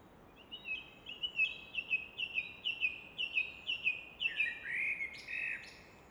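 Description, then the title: Common nightingale song: a long run of evenly repeated piping notes, ending in lower slurred notes, over a constant rush of flowing water. Evening song in Fläsch, Switzerland; the rushing of the Rhine in the background is reflected off a rock face; recorded with a Fostex FR2 recorder and MKH 800 microphone. "Fläsch, Schweiz - Abendstimmung Nachtigall"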